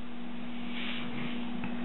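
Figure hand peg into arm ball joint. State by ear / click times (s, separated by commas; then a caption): not seated / none. A plastic hand on a ball-and-peg joint is being swapped on the arm of a Medicom Madoka action figure, with the old hand pulled out and the new one about to be pushed in. A steady low hum and broadband hiss run throughout, with one brief sharp tick at 1.6 s. The clip ends with the new hand handled but not yet home; nothing has seated yet.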